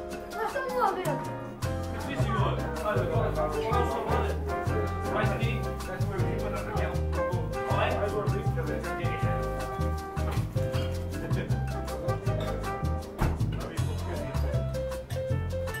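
Seaside cafe ambience led by steady background music: a regular beat with a repeating low bass line and sustained melodic tones throughout. Voices seem to mingle in, and the level stays even across the whole stretch with no pauses.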